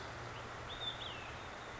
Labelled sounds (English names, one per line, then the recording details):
Olive-sided Flycatcher
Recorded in Sonoma County, California